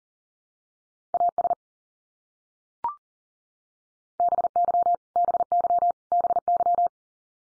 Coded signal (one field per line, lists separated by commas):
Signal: Morse code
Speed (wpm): 40 wpm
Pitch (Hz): 700 Hz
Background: none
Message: AS BY BY BY